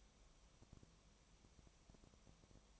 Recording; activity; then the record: daily activity, microphone in the room; no activity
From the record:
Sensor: 1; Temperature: 19.4 degrees Celsius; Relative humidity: 35.7%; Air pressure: 1003.3 hPa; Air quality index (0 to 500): 113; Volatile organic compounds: 2 ppm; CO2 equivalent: 1258 ppm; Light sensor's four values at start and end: 1/2/1/1 and 1/2/1/1